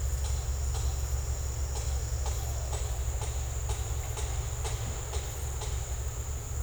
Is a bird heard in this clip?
no